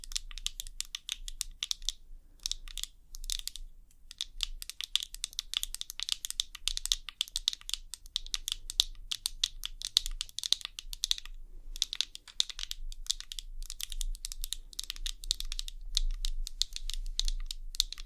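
Tapping goes on throughout, a dense stream of quick, crisp clicks with bright, sharp tops, in uneven bursts much like typing on a keyboard. Brief pauses break the flow near 2.5 and 11.5 seconds. A low steady hum runs underneath the whole time.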